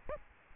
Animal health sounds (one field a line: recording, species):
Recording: mosquito wingbeat signal from an infrared sensor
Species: Aedes aegypti